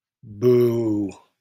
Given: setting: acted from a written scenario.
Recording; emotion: vocal sound without words; disappointment